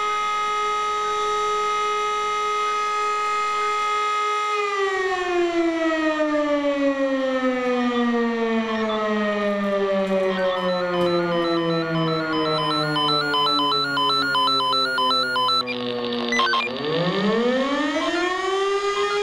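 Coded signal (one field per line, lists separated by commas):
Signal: siren signal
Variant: E57 mechanical siren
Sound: loud mechanical siren holds a steady wail, slowly winds down in pitch, then spins up again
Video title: [E57 SIRENENPROBE] FUNKMELDEEMPFÄNGER QUATTRO 98 PROBEALARM FEUERWEHR ANDERNACH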